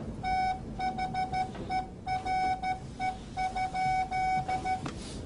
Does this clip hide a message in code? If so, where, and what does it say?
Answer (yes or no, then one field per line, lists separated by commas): yes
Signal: Morse code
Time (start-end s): 0.3-4.8 s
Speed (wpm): 13 wpm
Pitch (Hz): 750 Hz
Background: none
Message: THERE?